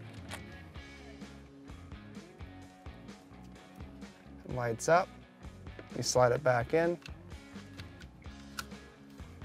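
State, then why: Seated. A plastic overhead map-light housing is slid back into its opening in the headliner console of an S550 Mustang after its new LED is tested. Someone talks over background music, and a sharp click at 8.6 s marks the housing seating into place.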